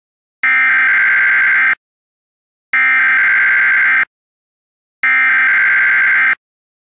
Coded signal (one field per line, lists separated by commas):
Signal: Emergency Alert System (SAME) tones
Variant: header bursts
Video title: EAS Classic: The EAS Interrupts Microsoft Mike Reads Computer Errors - Part 4